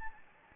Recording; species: mosquito wingbeat signal from an infrared sensor; Anopheles gambiae